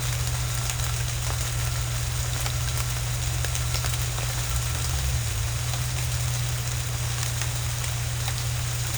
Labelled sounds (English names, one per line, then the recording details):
none
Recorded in secondary vegetation near Puerto Asís, Putumayo, Colombia, on 21 December 2024 at 07:30
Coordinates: 0.499, -76.323
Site G010